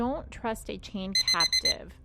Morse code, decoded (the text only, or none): none